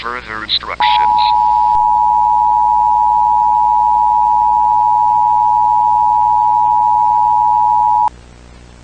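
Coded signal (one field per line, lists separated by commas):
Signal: Emergency Alert System (SAME) tones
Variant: 853 and 960 Hz attention tone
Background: speech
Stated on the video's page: Fictional EAS scenario in analog horror style, a simulated alert.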